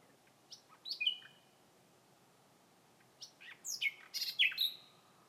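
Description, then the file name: Common nightingale song of varied chirps and quick slurred whistles, a pause of about two seconds, then a dense jumble of sharp, rasping notes. "Nachtigall Gesang"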